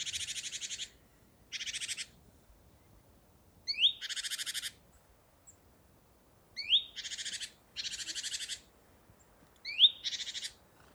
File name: Parus major